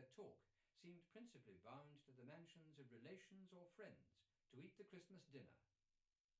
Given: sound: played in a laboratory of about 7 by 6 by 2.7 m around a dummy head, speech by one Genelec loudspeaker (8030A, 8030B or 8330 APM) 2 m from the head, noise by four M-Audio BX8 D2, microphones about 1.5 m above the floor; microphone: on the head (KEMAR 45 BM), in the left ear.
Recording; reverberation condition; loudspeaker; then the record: male speech in English; low; 60 degrees to the right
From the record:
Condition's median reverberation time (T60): about 310 ms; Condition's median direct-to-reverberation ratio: about 3.5 dB